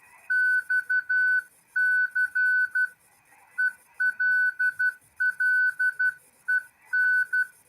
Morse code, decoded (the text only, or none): XCELLEN